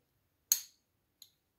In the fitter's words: Voilà, elle se clipse.